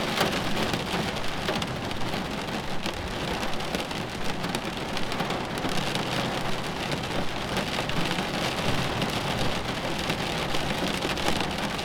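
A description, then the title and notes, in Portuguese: Rain pours steadily during a storm, a dense, even hiss of drops across the whole twelve seconds with no letup. A low rumble runs underneath, swelling slightly around the third and eighth seconds like far-off thunder, while the patter stays constant on top. Protegido de uma tempestade.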